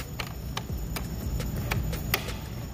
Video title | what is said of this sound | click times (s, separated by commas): how to install a double din in a 1995 chevy Silverado - 95 chevy pick up radio removal | alright so that thing snaps into place like that and then it shows you what needs to be cut | 0.2 s, 0.6 s, 1.7 s, 2.1 s